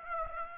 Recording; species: mosquito wingbeat signal from an infrared sensor; Aedes aegypti